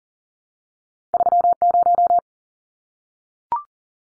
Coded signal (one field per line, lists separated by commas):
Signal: Morse code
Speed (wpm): 40 wpm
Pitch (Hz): 700 Hz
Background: none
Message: 30